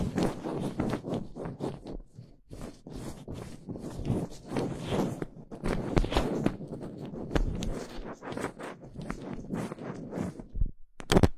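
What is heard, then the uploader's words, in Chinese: Fingers scratch and rub directly on a microphone, loud, in dense rapid strokes that run almost without pause for about eleven seconds. The scraping is mostly low and rough with brighter scratchy edges, briefly dipping near 2.5 seconds and fading near the end before a final sharp burst. 手指抓挠话筒。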